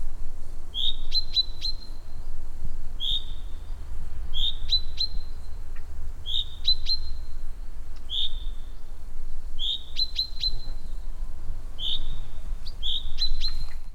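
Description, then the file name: Common chaffinch calling repeatedly, a brief high whistled note with sharp ticking clicks, repeated roughly every one to two seconds throughout, over a faint low rumble. "Fringilla coelebs"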